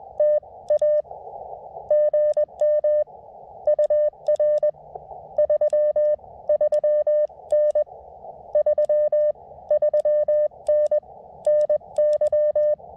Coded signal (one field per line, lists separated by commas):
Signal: Morse code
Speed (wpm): 20 wpm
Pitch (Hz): 600 Hz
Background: none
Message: TA GM UR 33N 33N NY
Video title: CW POTA at new to me K-5297 Skyline Drive State Forest